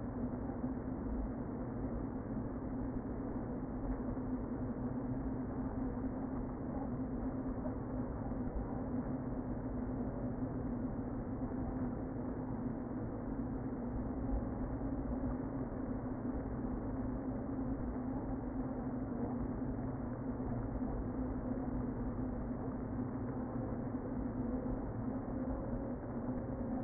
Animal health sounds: honeybee colony, microphone inside the hive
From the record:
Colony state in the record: queen present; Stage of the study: before two queens were removed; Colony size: about 60,000 bees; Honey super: yes

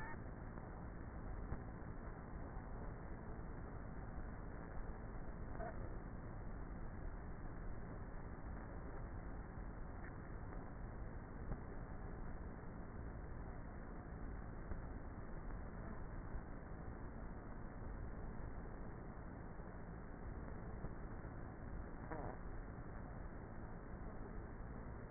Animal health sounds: honeybee colony, microphone inside the hive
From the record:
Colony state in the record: queenless with a low population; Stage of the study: before two queens were removed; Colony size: about 30,000 bees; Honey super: no

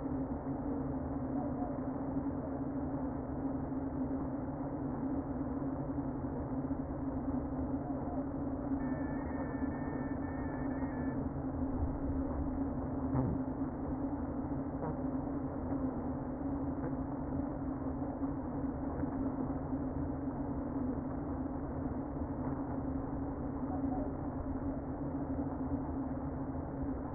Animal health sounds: honeybee colony, microphone inside the hive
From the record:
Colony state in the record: queen present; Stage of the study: before two queens were removed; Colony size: about 60,000 bees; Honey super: yes

